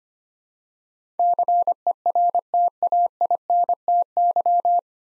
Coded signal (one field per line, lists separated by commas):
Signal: Morse code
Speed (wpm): 25 wpm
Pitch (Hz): 700 Hz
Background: none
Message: CERTAINTY